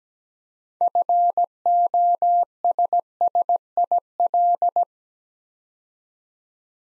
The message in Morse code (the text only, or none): FOSSIL